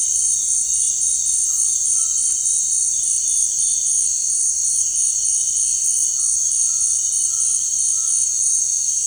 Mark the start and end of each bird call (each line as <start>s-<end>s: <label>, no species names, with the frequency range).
6.12s-8.33s: bird call (0.7-2.0 kHz)